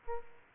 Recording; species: mosquito wingbeat signal from an infrared sensor; Aedes aegypti